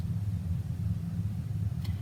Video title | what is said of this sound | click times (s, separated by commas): How to make simple earrings | so initially i did open it towards me now i'm closing it from me and you hear that click | 1.8 s